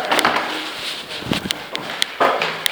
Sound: sounds of climbing stairs and entering Unit 2; door closes